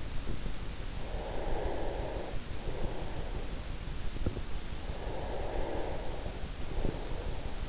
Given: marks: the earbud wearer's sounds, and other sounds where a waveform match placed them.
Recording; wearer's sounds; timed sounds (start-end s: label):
sounds in sleep by an in-ear microphone; breath
0.83-3.67 s: breath
4.95-7.69 s: breath